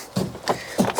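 A trim removal tool is pushed under the plastic door card of a Peugeot 306 and levered until the push-in trim clip pops out of the metal door with a sharp click at 0.2 s. Further sharp knocks follow at about 0.8 and 0.9 s, and the clip is released.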